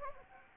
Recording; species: mosquito wingbeat signal from an infrared sensor; Anopheles gambiae